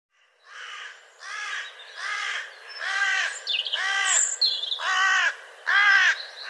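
Bird uttering a series of seven hoarse, arched caws, starting soft and growing louder, with a few thin higher notes slipped between them.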